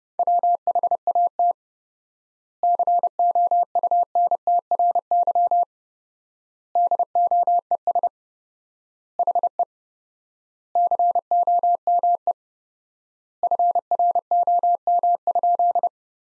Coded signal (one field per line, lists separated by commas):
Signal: Morse code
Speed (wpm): 30 wpm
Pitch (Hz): 700 Hz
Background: none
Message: WHAT COUNTRY DOES HE COME FROM?